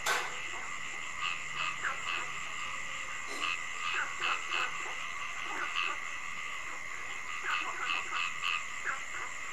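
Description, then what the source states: Frog croaks come in scattered clusters of short pulses, with a sharp click at the start and a steady high whine throughout. Frogs calling at night.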